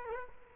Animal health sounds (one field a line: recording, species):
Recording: mosquito wingbeat signal from an infrared sensor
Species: Culex quinquefasciatus